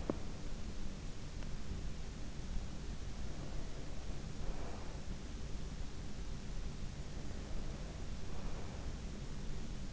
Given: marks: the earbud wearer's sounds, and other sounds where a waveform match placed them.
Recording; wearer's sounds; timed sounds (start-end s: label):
sounds in sleep by an in-ear microphone; teeth grinding, breath
0.00-0.20 s: teeth grinding
3.26-5.02 s: breath
7.19-9.03 s: breath